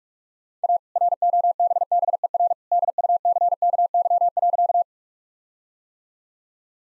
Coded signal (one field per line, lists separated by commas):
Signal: Morse code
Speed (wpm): 46 wpm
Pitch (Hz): 700 Hz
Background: none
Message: A ROBBER DUCKY.